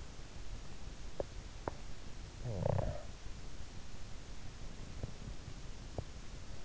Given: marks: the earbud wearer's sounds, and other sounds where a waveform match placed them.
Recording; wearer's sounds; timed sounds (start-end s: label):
sounds in sleep by an in-ear microphone; snoring breath
1.71-3.82 s: snoring breath